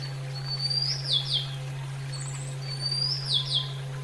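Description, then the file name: Oriental magpie-robin song: two short phrases of high rising whistles ending in quick downslurred notes, about two seconds apart, over a steady low hum. Female. "terapi alam kacer betina"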